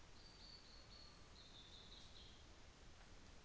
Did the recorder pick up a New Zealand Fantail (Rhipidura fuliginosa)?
no